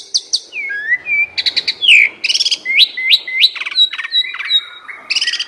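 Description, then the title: Asian pied starling song, a dense run of whistled slurs, rising and falling notes and harsh buzzy bursts, delivered in quick varied phrases. Bird-training masteran recording meant to stimulate birds that sing too little and are listless. "Masteran Jalak Suren"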